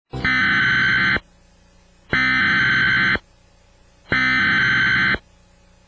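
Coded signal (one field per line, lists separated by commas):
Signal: Emergency Alert System (SAME) tones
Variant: header bursts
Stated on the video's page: Fictional zombie EAS scenario.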